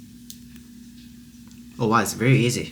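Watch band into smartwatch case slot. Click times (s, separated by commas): 0.3 s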